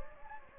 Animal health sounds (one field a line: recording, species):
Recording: mosquito wingbeat signal from an infrared sensor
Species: Anopheles gambiae